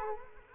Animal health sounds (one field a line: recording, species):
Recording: mosquito wingbeat signal from an infrared sensor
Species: Culex quinquefasciatus